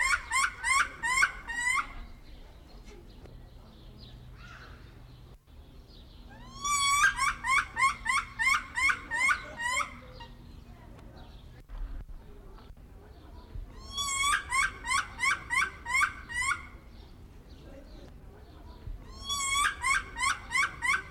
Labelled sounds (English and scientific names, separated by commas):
Bush Dog (Speothos venaticus)